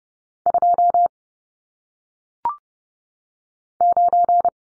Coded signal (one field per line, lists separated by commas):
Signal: Morse code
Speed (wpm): 30 wpm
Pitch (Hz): 700 Hz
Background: none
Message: 2 9